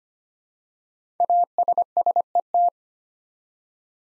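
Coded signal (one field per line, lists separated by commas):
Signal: Morse code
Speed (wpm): 25 wpm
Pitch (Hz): 700 Hz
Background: none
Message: ASSET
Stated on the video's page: Morse code practice at 25 wpm, building five-letter words one letter at a time for instant character recognition.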